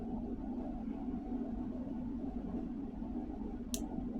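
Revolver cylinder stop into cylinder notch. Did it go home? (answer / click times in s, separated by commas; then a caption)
yes / 3.7 s. A revolver is cycled slowly until its steel cylinder stop drops into the cylinder notch, over a steady low hum. A single sharp click at 3.7 s marks the cylinder locking in place.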